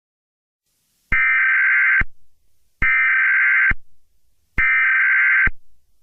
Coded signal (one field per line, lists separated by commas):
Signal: Emergency Alert System (SAME) tones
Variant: header bursts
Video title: *VALID TONES* EAS Scenario: Hell Storm